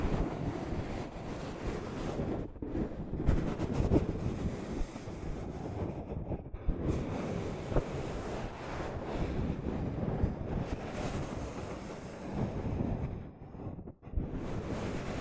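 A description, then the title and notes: Soft fabric brushes against a microphone in a continuous, dense rustle with a heavy low rumble underneath. The scraping swells and thins in long strokes, with short lulls around two and a half, six and a half, and fourteen seconds. ASMR Mic Brushing using Soft Fabric (No Talking).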